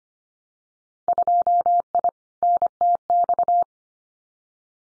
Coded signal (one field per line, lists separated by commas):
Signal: Morse code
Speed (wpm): 25 wpm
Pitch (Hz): 700 Hz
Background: none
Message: 2I NTX